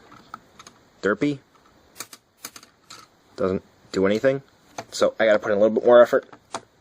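Someone talks while working a plastic part into its socket on a D-Arts Venusaur action figure, pushing harder because one joint won't move easily. Brief plastic taps and clicks are heard between the speech, around 0.3–0.7 s, 2.0–2.9 s and at 6.6 s. Nothing has seated or clicked into place yet.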